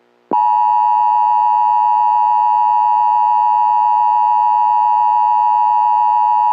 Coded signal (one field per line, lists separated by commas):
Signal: Emergency Alert System (SAME) tones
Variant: 853 and 960 Hz attention tone